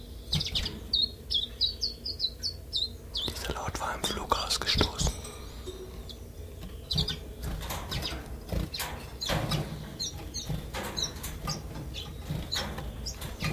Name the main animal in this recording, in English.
Common Chiffchaff